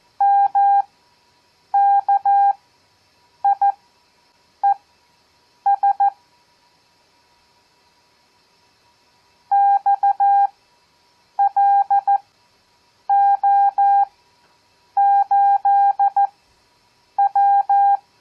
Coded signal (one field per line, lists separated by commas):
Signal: Morse code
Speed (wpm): 14 wpm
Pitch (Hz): 800 Hz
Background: none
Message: MKIES XLO8W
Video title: Copy Morse Code 7th Grade